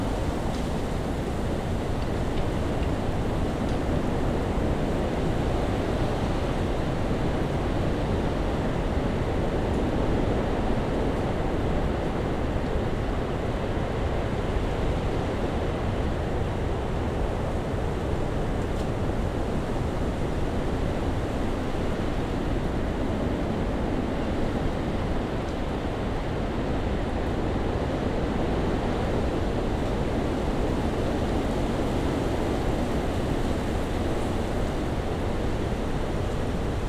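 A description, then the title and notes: A big wind blows steadily along a creek, a dense, unbroken roar that stays at nearly the same level for the whole stretch. The sound is heavy and low, with a softer hiss above, and no separate gusts or other sounds stand out. A Big Wind on Otter Creek. On the banks of Otter Creek at the Sleeping Bear Dunes National Lakeshore to record the sound of a big wind as it blows in from Lake Michigan. The wind's sound blowing through the trees with no other sounds to get in its way. Landscape/Feature: Dense Woodland along the shore of Otter Creek. Recording Device: Zoom F3.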